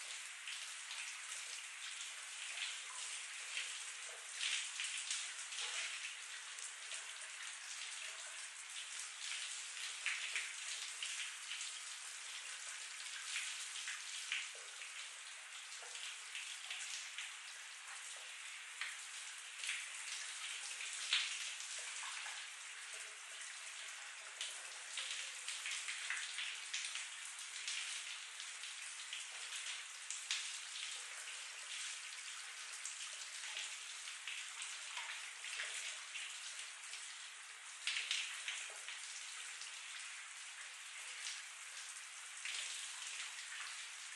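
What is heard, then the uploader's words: A shower runs steadily for the whole clip, a dense, even hiss of falling water with no pauses. The sound is thin and bright, with almost no low rumble, and faint patters and splashes flicker through it without changing the overall level. Someone Showering Down The Hall While You Nap. Shower Sounds.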